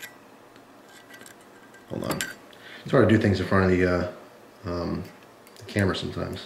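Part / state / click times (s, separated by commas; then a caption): pipe-lighter insert into its metal case / not seated / none. A metal insert for a Zippo pipe lighter is lined up on top of its metal case and pressed down, giving small metal taps and scrapes, including faint taps near 0.6 and 1.3 seconds, before someone talks. The insert does not go in and has not seated or clicked yet.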